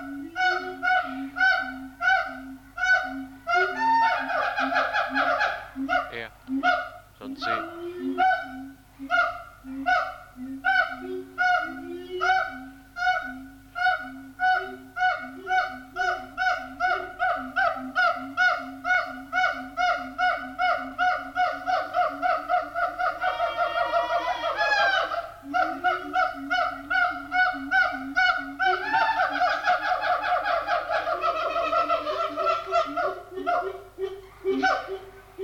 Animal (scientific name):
Symphalangus syndactylus